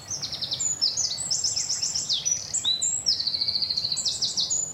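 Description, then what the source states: Common Nightingale singing a fast run of high, varied whistles and chirps, with a sustained piping trill near the end and steady low background noise. Increasingly scarce bird singing at the crack of dawn on a common with woodland in Dorset, Britain.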